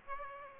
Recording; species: mosquito wingbeat signal from an infrared sensor; Aedes aegypti